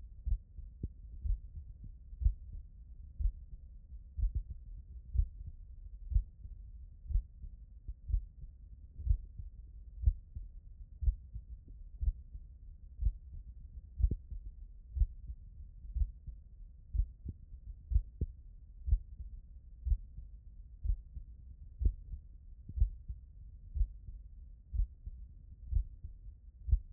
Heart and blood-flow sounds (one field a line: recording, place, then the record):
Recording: heart sounds by stethoscope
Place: tricuspid valve (TV)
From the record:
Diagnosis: non-HFrEF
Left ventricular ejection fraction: 56%